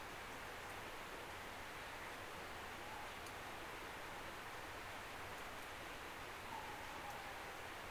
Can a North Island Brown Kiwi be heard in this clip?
no